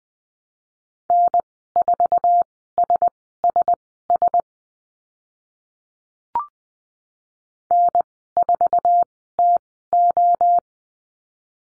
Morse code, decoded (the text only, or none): N4SSS N4TO